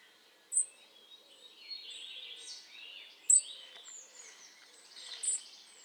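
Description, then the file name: European robin song: thin, high warbled phrases broken by three sharp, piercing high notes spaced a few seconds apart, over faint background hiss. "Erithacus rubecula"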